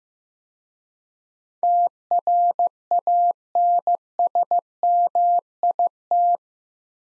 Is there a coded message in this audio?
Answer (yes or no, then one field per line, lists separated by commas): yes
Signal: Morse code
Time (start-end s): 1.6-6.4 s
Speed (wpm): 15 wpm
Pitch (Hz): 700 Hz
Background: none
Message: TRANSMIT